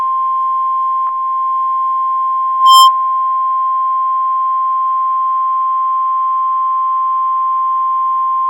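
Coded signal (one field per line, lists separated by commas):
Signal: Emergency Alert System (SAME) tones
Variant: 1050 Hz attention tone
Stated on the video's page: NOAA Weather Radio Required Weekly Test on 162.500 MHz from a Holland, Ohio transmitter, received on Uniden Bearcat BC355N and Emerson SmartSet radio.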